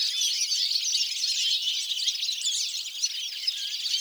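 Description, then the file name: European goldfinch calls, dense overlapping tinkling chirps and trills from several birds, continuous and lively throughout. "Carduelis carduelis"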